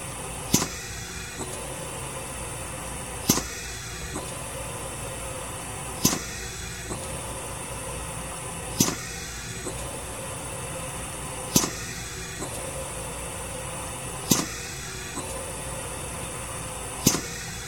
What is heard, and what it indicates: Hospital Ventilator Compressor Air Release.